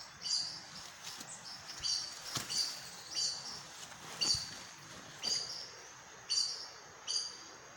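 Aracari repeating a thin, high squeak about once a second, several times, over a busier background of clicks and hiss.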